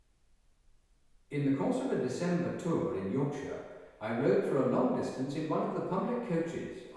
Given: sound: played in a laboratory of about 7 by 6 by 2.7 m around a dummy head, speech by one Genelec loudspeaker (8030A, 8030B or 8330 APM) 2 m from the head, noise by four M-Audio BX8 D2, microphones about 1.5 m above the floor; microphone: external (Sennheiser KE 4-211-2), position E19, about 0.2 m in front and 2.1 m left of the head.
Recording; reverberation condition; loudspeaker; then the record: male speech in English; high; 60 degrees to the right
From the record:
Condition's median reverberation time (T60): about 1300 ms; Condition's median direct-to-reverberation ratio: about -4.0 dB